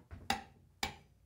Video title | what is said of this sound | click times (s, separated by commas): How to test your torque wrench | it is at 75 pounds so you hear that click | 0.3 s